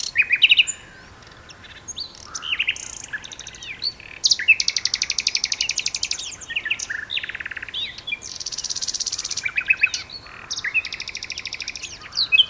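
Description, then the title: Common nightingale song: fast bursts of repeated clicks and trills, loud rattling runs and high piping notes. Two birds singing a duet on Westleton Heath. "sanderson. nightingale duet on westleton heath"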